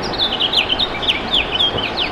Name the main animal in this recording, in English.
House Finch